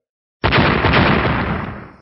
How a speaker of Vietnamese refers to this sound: Tiếng nổ lớn từ bốn phương tám hướng truyền đến, ảo thuật cấm chế do Hàng Lập thi triển lúc trước trong nháy mắt đã bị một cổ vô hình lực đánh cho tan rã.